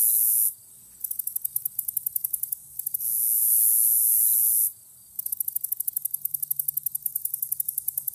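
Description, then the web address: Common meadow katydid singing: sustained high-pitched sizzling buzzes broken by stretches of quick, sharp ticking, switching back and forth every few seconds. North America. "Songs of Insects. Common Meadow Katydid"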